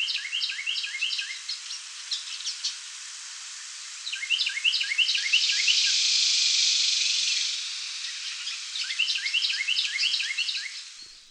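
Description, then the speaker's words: Carolina Wren song in bursts of quick repeated downslurred phrases, with a loud harsh buzzy rattle in the middle, over a constant high background hiss. Duet: the male sings tea kettle, tea kettle, tea kettle and the female joins at the end with a rattle call. "They do this duet call, which is so cool to hear."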